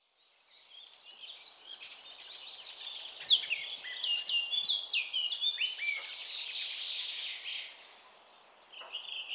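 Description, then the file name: Eurasian blackcap song: a rapid, scratchy, varied warble that swells into louder, clearer notes near the middle, then pauses before a brief final phrase. Finland, during spring migration. "mustapaakerttu hannes tiira"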